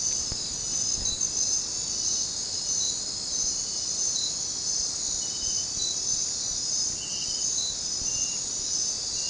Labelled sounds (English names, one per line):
none